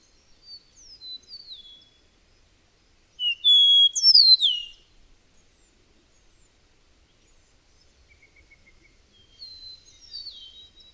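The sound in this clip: Birdsong with faint high twitters, then a loud burst of clear whistles and tumbling descending notes lasting about a second and a half, then quieter high notes again.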